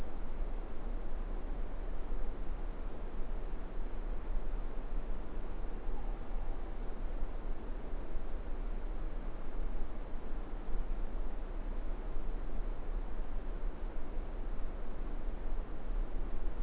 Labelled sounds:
Morepork (Ninox novaeseelandiae) more-pork call
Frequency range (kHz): Morepork (Ninox novaeseelandiae) 0.7-1.1 kHz
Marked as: faintness 5/5
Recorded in New Zealand
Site Eglinton

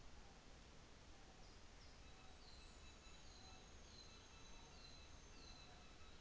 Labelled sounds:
New Zealand Fantail (Rhipidura fuliginosa)
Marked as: faintness 4/5
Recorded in New Zealand on 24 December 2018
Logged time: 15:45

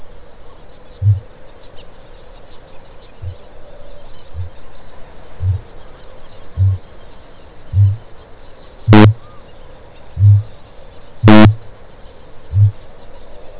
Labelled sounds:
Kākāpō (Strigops habroptilus) boom
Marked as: faintness 2/5, faintness 3/5, faintness 1/5
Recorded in New Zealand
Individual Stumpy

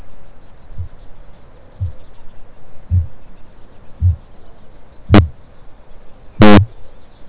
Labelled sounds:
Kākāpō (Strigops habroptilus) boom
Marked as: faintness 3/5, faintness 1/5
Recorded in New Zealand
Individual Stumpy

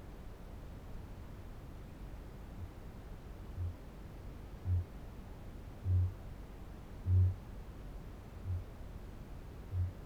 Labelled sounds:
Kākāpō (Strigops habroptilus) boom
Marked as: faintness 4/5, faintness 2/5
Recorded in New Zealand
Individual Barnard

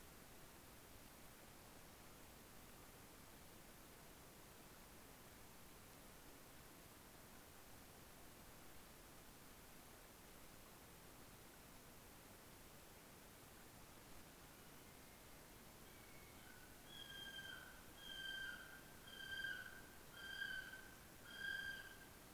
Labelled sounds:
North Island Brown Kiwi (Apteryx mantelli) male call
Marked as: faintness 5/5, faintness 1/5
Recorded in New Zealand on 14 February 2013
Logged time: 02:13
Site DH65

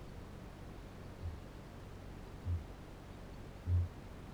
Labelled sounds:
Kākāpō (Strigops habroptilus) boom
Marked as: faintness 4/5, faintness 2/5
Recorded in New Zealand
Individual Barnard

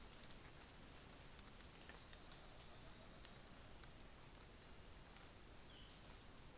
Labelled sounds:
North Island Saddleback (Philesturnus rufusater)
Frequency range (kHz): North Island Saddleback (Philesturnus rufusater) 2.6-3.8 kHz
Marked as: faintness 5/5
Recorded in New Zealand on 24 December 2018
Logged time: 09:00

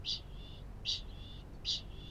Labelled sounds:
Kākāpō (Strigops habroptilus) ching call
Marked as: faintness 1/5
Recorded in New Zealand
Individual Felix

